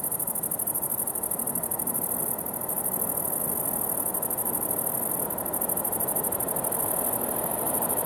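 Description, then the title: Grasshoppers give a high, rapidly pulsed buzzing that runs throughout with brief dips, over a low rumble. Summer ambience at the farm of Villers Abbey, Villers-la-Ville, Belgium, with grasshoppers and a train in the distance; Sony PCM-D100 internal microphones in wide position. "Ferme de lAbbaye de Villers, 1495 Villers-la-Ville, Belgique - Grasshoppers"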